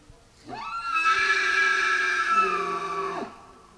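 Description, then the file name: Tule elk bugle: a single drawn-out, high whistled tone with rich harmonics, rising at the start and dropping away at the end, lasting nearly three seconds. Male. "Cervus elaphus nannodes 1 male"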